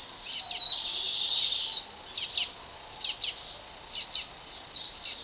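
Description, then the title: Double-collared seedeater singing a high warbled phrase, then short paired chip notes repeated about once a second. "Canto Coleiro"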